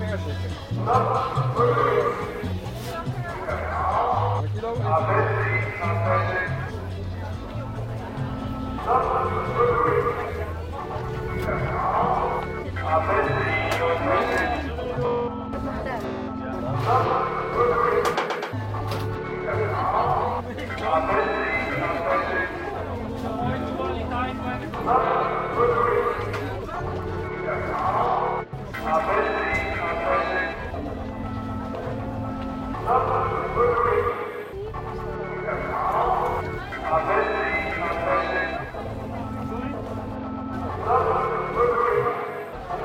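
A square in Rotterdam, with talking voices running almost without pause across the whole recording, several people overlapping. A steady low rumble sits underneath, like traffic, and the level stays fairly even, with brief dips between phrases and an occasional short bark-like sound.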